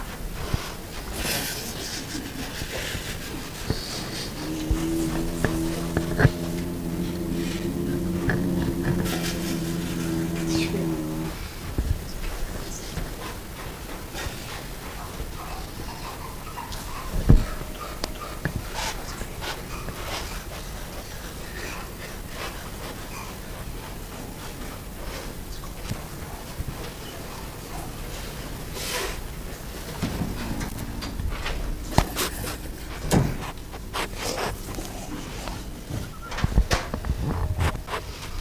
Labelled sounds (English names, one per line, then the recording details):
Binturong
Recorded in captivity
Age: adult
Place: Zoo Halle, Sachsen-Anhalt, DE
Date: 2001-04-09 15:30
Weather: fair, ca. 15°C
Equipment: Nagra SN, Kopie Uher 4000 Report Monitor
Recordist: Tembrock, Günter
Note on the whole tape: Im Ausweichquartier im Keller des Aquarium: Abwehrknurren, Kontaktschnaufen (Beobachter im Gehege, ein Tier klettert auf Schulter)